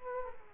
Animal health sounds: mosquito wingbeat signal from an infrared sensor; Aedes aegypti

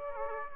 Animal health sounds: mosquito wingbeat signal from an infrared sensor; Aedes aegypti

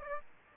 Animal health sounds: mosquito wingbeat signal from an infrared sensor; Aedes aegypti

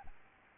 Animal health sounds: mosquito wingbeat signal from an infrared sensor; Aedes albopictus

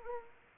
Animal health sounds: mosquito wingbeat signal from an infrared sensor; Anopheles arabiensis

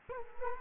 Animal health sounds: mosquito wingbeat signal from an infrared sensor; Culex quinquefasciatus

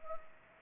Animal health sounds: mosquito wingbeat signal from an infrared sensor; Anopheles arabiensis

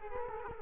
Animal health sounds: mosquito wingbeat signal from an infrared sensor; Culex quinquefasciatus

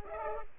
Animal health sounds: mosquito wingbeat signal from an infrared sensor; Culex pipiens

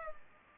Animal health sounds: mosquito wingbeat signal from an infrared sensor; Culex pipiens

